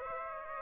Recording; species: mosquito wingbeat signal from an infrared sensor; Aedes aegypti